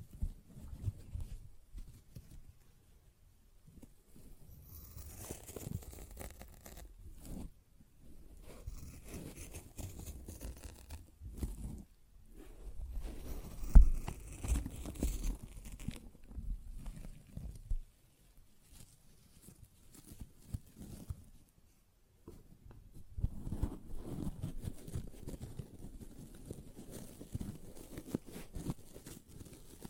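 A sponge is scratched, squished and brushed in irregular bursts, with rough, rasping strokes and soft wet squelches. Activity clusters around 5–17 seconds and again from 23 seconds on, separated by near-silent pauses. A sharp knock stands out near 14 seconds.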